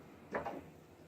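A pistol's magazine release button is pressed and the magazine drops out of the handgun's grip and mag well, making a single sharp clack at 0.4 s. The magazine is released.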